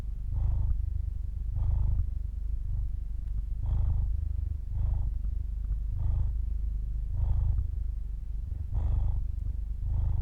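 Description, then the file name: Cat purring, a continuous low rumble pulsing in regular breath cycles, each cycle marked by a soft airy swell. Purr recorded at the throat. "freesound cat purr pt 2 throat"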